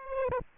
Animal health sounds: mosquito wingbeat signal from an infrared sensor; Aedes aegypti

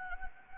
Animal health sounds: mosquito wingbeat signal from an infrared sensor; Anopheles gambiae

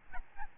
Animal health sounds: mosquito wingbeat signal from an infrared sensor; Aedes albopictus

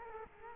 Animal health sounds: mosquito wingbeat signal from an infrared sensor; Culex quinquefasciatus

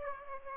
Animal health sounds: mosquito wingbeat signal from an infrared sensor; Aedes aegypti

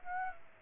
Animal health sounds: mosquito wingbeat signal from an infrared sensor; Aedes aegypti

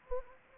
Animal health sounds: mosquito wingbeat signal from an infrared sensor; Anopheles arabiensis

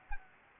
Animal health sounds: mosquito wingbeat signal from an infrared sensor; Anopheles gambiae

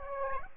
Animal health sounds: mosquito wingbeat signal from an infrared sensor; Aedes aegypti

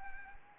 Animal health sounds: mosquito wingbeat signal from an infrared sensor; Anopheles arabiensis

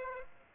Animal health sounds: mosquito wingbeat signal from an infrared sensor; Aedes aegypti

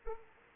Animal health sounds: mosquito wingbeat signal from an infrared sensor; Anopheles arabiensis

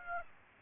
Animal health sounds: mosquito wingbeat signal from an infrared sensor; Aedes aegypti

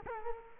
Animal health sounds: mosquito wingbeat signal from an infrared sensor; Culex quinquefasciatus

